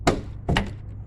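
The socket end of the second trunk lift support (gas strut) on a 1978 Mustang is pushed onto its metal ball stud. It pops into place with sharp thunks at 0.1 s and 0.6 s, and the support is seated.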